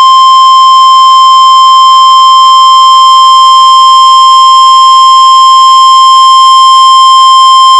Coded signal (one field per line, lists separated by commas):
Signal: Emergency Alert System (SAME) tones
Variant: 1050 Hz attention tone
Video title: Real NOAA Weather Radio EAS Alert #113